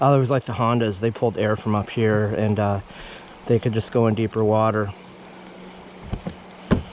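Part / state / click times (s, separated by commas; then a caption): seat latching onto an ATV frame / seated / 6.7 s. Someone talks for the first five seconds while the seat is put back onto a Yamaha Wolverine 350 ATV (quad). After a quiet stretch with two faint knocks, the seat is pressed down and its latch gives a sharp click at 6.7 s, seating it in place on the frame.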